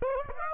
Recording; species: mosquito wingbeat signal from an infrared sensor; Aedes aegypti